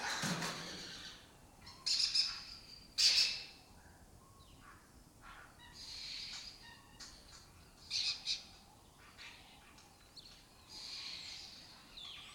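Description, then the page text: Lesser kestrel harsh chattering calls come in irregular bursts, some loud and sharp, over a quiet noisy background. Breeding colony occupying an abandoned building (house complex) in Doñana, southern Europe; migratory raptor that forages in West Africa. "Lesser Kestrels Took Over an Abandoned Building. A migratory raptor wich spends its foraging time in West Africa and breeds in southern Europe. Here in Doñana"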